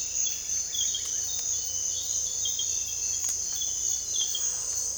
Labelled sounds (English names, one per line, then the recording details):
none
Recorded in dense forest near Puerto Asís, Putumayo, Colombia, on 26 December 2024 at 06:00
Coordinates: 0.485, -76.318
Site GP03